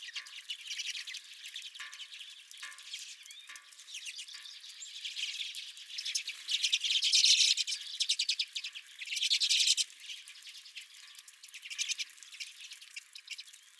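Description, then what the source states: Redpoll flock chatter of fast, high, buzzy notes that builds into louder trilled bursts midway, then eases off. Redpolls calling at the recordist's feeder.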